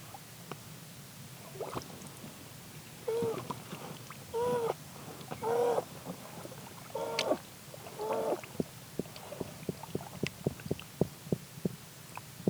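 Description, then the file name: Eurasian beaver giving several short whining cries, with many soft clicks, more of them toward the end. Recorded in Natternbach, Austria, as part of a WWF beaver project. "Natternbach Biberaudioaufnahme"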